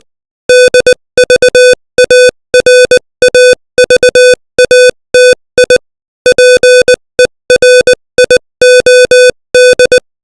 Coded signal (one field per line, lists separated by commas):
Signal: Morse code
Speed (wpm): 20 wpm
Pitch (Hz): 500 Hz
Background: music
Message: DVARAVATI PERIOD